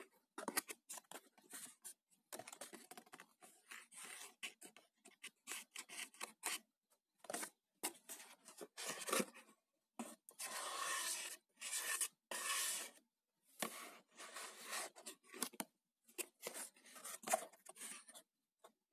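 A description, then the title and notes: Cardboard box being handled: bursts of scraping, rubbing and tearing rustle come in quick irregular bursts with brief silences between. ASMR - Cardboard box sounds.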